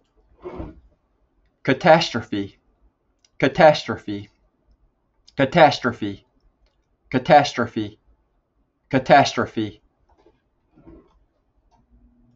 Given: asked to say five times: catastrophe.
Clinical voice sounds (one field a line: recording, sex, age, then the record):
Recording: repeated word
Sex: male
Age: 40 to 49 years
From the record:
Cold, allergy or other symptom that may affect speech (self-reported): no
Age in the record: 41 years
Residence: Alabama, United States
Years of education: 17